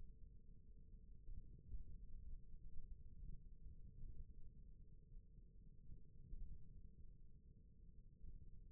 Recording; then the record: forearm muscle sounds (acoustic myography)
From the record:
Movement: thumb flexion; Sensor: system 1, eight BSWA MPA416 microphones around the upper forearm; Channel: 1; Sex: male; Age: 41 years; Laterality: right